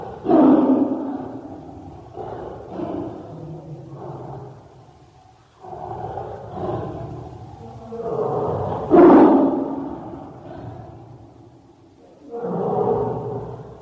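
A tiger gives a series of deep, throaty growls and moans, each lasting a second or two with short pauses between. The loudest roar swells around the ninth second, rough and gravelly, and a final groan rises near the end. The sound is dry.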